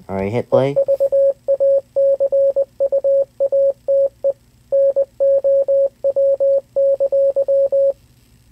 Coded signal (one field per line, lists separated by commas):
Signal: Morse code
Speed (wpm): 20 wpm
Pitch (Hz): 550 Hz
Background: speech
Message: EVACUATE NOW!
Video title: Tutorial: How to use Morse Code Translator! (For EAS Scenarios & Stuff)